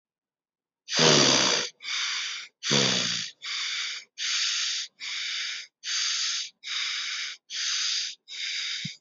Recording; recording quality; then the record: deep breathing; excellent, no background noise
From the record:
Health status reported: healthy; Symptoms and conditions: none ticked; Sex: male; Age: 31 years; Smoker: yes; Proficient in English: yes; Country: India